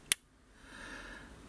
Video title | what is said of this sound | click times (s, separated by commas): CASE LARGE STOCKMAN AMERICAN WORKMAN SERIES IN CARBON STEEL 4375CS | quality control or what but let's listen if this blade go back in you'll hear a click | 0.1 s